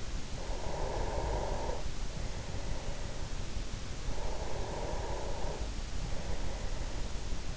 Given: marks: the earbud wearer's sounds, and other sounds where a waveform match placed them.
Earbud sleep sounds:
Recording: sounds in sleep by an in-ear microphone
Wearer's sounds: breath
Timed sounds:
0.31-3.57 s: breath
3.98-7.57 s: breath

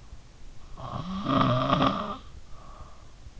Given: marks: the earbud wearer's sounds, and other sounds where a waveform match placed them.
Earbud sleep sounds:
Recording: sounds in sleep by an in-ear microphone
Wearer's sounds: snoring breath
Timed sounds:
0.78-3.37 s: snoring breath

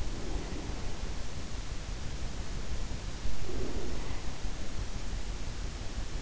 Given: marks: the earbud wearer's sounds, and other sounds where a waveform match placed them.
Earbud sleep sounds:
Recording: sounds in sleep by an in-ear microphone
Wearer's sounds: breath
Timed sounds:
0.00-0.98 s: breath
3.20-4.27 s: breath

